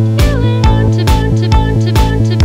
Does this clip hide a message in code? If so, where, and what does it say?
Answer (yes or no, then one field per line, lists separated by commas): no